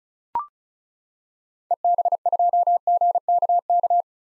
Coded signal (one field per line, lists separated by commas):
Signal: Morse code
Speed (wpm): 36 wpm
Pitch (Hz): 700 Hz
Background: none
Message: EB2GKK